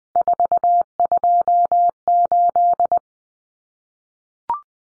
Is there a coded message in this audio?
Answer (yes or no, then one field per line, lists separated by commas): yes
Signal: Morse code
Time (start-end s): 0.2-3.0 s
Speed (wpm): 20 wpm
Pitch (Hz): 700 Hz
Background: none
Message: 428